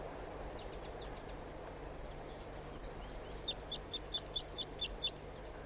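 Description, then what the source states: Crossbill flight calls: faint scattered chips at first, then a clearer quick burst of many sharp, high notes near the end, over steady background hum. Flight calls of wild birds drawn in by a captive bird near a net site.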